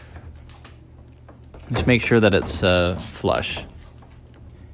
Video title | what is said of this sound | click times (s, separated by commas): Suncast BMS7780/BMS7786 7x7 shed assembly | Just line it up and push it in until it clicks. | 0.5 s